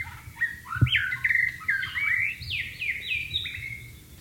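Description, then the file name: White-rumped shama song: a series of loud slurred whistled phrases, some sweeping down, with a brief click and low background rumble. White-rumped shama (murai batu) in the wild. "suara burung murai batu di alam liar"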